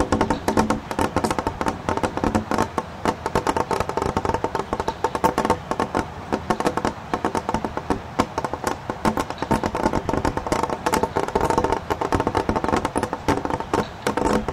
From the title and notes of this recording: The gentle sound of water trickling and dripping through the snow. This episode features only natural soundscapes with no dialogue or voice.